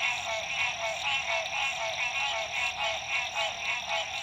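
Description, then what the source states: Frog chorus of many overlapping rasping trills, rising and falling in steady beats about twice per second. Frogs at dusk, La Rue PH, Illinois.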